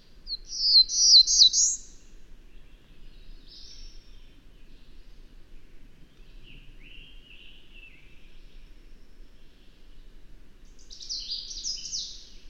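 Bird song: a loud, high, jumbled twittering phrase opens, followed by softer lower warbles, then another bright, rapid high phrase near the end.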